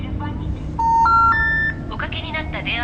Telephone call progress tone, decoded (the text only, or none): special information tone